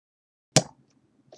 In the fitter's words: ça s'emboîte en force vraiment c'est très très ajusté vous avez entendu le petit bruit